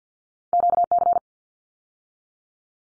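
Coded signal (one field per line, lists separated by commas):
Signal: Morse code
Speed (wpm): 50 wpm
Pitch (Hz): 700 Hz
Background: none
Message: QC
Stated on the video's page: Morse head-copy drill of ARRL section abbreviations used in Field Day exchanges, at 50 wpm, each sent, then spoken, then sent again.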